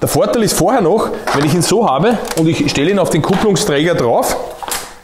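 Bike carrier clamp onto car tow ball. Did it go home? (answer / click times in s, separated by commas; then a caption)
no / none. An XLC Azura Xtra folding e-bike tow-bar carrier is being set onto a car's tow ball, to be clamped with its lever mechanism, which latches on very easily. Someone talks throughout, with two short knocks near 4.6 s and 4.7 s as the sound fades. The carrier is only being handled and nothing has seated or clicked yet.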